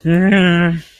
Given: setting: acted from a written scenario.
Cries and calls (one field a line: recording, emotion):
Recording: vocal sound without words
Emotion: shame